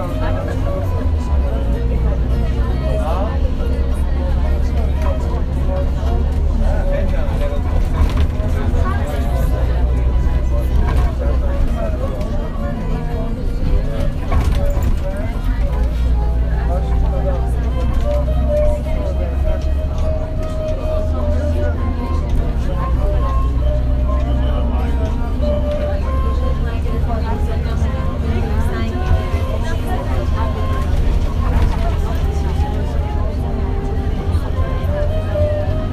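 A qeychak is played aboard a bus, its bowed melody winding through the middle register in sustained, sliding notes. A heavy, steady engine rumble runs underneath the whole time, with voices talking and occasional knocks and rattles from the moving vehicle.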